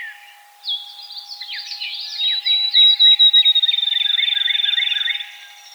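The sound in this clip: Field sparrow song: clear whistled notes that speed up into a fast, level trill, over a busy chorus of other birds and a steady low hum.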